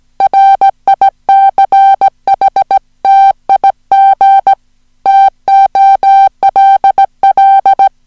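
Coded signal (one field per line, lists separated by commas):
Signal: Morse code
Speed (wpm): 17 wpm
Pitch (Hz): 780 Hz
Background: music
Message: RICHTIG TOLL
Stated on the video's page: Hand-sent Morse on a Junker straight key at about 15 wpm, recorded uncut with errors corrected, as plain-text copy practice of a short story.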